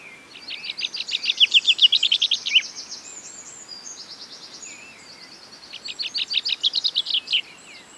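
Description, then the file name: Common chaffinch singing twice: each song is a bright, accelerating trill of repeated notes tumbling downward to a terminal flourish, with a pause of several seconds between songs. "Fringilla coelebs"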